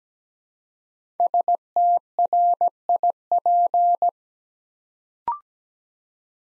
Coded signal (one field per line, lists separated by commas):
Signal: Morse code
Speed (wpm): 17 wpm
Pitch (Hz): 700 Hz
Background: none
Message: STRIP